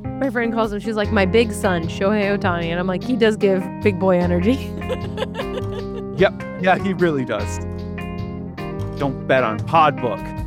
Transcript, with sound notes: My friend calls him my big son Shohei Ohtani, and I’m like he does give big boy energy (laughs)
Yeah, he really does Don’t bet on pod book.